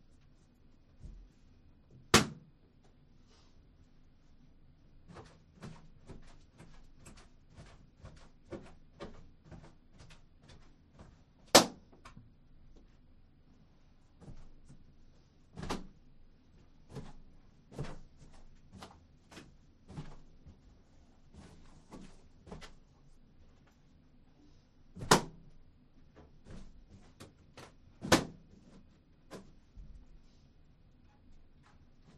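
Things are popped one by one with a needle taped to a stick: four sharp, loud cracks land near 2, 11, 25 and 28 seconds. Between them come many softer clicks and taps at an irregular pace, over a steady low hum.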